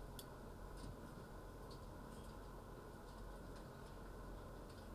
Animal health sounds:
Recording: poultry house recording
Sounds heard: no chicken sound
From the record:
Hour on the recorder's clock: 9

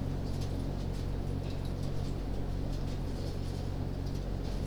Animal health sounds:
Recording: poultry house recording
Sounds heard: no chicken sound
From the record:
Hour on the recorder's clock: 22

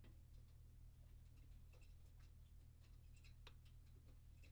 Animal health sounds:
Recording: poultry house recording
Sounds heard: no chicken sound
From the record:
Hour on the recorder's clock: 22

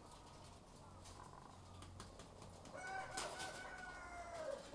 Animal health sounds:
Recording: poultry house recording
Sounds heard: sick chickens (respiratory disease)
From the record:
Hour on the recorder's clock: 12

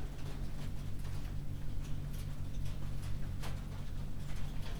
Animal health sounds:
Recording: poultry house recording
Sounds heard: no chicken sound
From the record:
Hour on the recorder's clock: 23

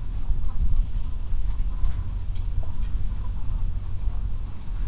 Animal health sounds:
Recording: poultry house recording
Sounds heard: healthy chickens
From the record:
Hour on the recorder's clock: 21

